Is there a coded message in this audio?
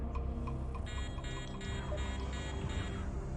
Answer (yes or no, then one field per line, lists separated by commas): no